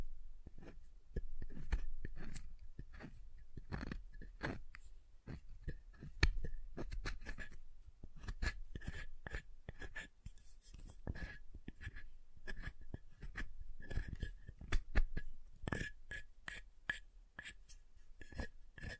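Soap being tapped and carved, with dense, irregular clicks and scrapes through all 19 seconds. Sharp bright taps come several times a second, some crisper and louder, over a soft, crackly scratching texture, with a faint steady tone underneath.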